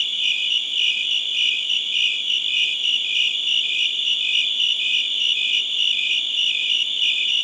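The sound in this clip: Crickets chirping, high and shrill, with regular pulsed beats over an unbroken ringing tone.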